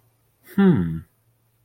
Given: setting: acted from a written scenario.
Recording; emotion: vocal sound without words; interest